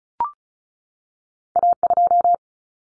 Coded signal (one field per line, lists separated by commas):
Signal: Morse code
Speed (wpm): 34 wpm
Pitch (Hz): 700 Hz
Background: none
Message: A2